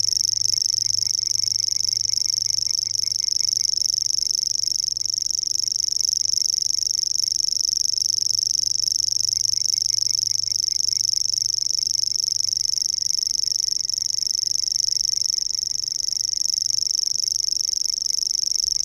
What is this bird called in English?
Savi's Warbler